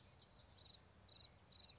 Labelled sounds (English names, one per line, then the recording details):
California Towhee
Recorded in Sonoma County, California